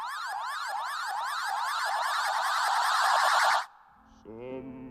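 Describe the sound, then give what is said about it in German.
2000 Ashita Sleeping Tide smoke detectors shriek at once, a loud, dense wall of overlapping high-pitched electronic tones warbling up and down, then cutting off abruptly as a brief singing voice begins. “Die Luft vibrierte vom ohrenbetäubenden Schrillen von 2000 Ashita Sleeping Tide Rauchdetektoren.”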